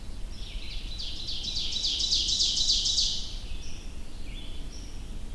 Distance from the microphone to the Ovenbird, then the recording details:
about 30 m. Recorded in boreal forest in Alberta, Canada, on 22 June 2016 at 05:43. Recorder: SongMeter 3, array SBT-6-76. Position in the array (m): 281 m, 108 m. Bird 1